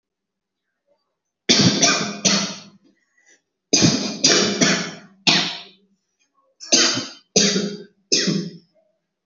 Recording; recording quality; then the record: heavy voluntary cough; excellent, no background noise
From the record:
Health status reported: healthy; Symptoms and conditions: none ticked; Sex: female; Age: 31 years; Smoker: not ticked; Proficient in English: yes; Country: India